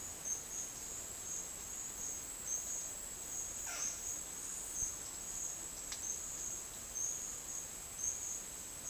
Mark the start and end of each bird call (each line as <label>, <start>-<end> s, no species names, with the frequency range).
bird call (0.4-3.6 kHz), 3.61-3.88 s